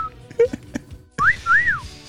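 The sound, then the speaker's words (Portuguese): A loud two-part wolf whistle, demonstrated as one to teach a parrot: a quick upward swoop followed by a longer note that rises and falls, coming after a few soft clicks and faint background noise. “Sempre que você quiser assoviar, você faz assim.”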